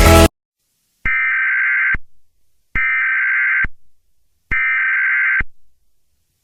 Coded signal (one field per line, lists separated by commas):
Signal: Emergency Alert System (SAME) tones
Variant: header bursts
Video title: EAS Scenario #97: Broken Days